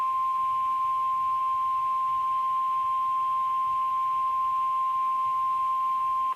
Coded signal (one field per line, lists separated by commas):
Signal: Emergency Alert System (SAME) tones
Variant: 1050 Hz attention tone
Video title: Jon's Sunday in a Nutshell | Many EAS Alerts from LWX